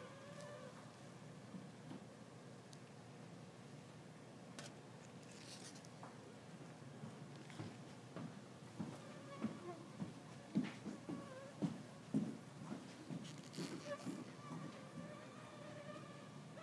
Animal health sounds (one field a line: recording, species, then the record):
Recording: mosquito flight sound by mobile phone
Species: Culex pipiens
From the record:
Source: SanMateoVCD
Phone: iPhone 4S